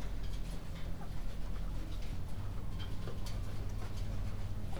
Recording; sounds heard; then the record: poultry house recording; healthy chickens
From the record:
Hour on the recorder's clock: 22